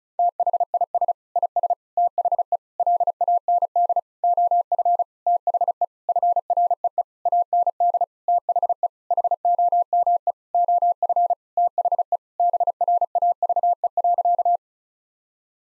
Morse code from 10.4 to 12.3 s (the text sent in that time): OF THE